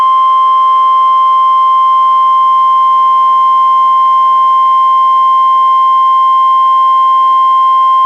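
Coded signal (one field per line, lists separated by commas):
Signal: Emergency Alert System (SAME) tones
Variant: 1050 Hz attention tone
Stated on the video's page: Real NOAA Weather Radio required weekly tests from NWS Portland via the Astoria transmitter, received on a Reecom R-1630 weather radio, recorded with a Zoom H1.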